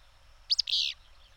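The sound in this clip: Bird call: two quick, sharp high notes followed at once by a broad, harsh buzzy note, heard once against a quiet hiss.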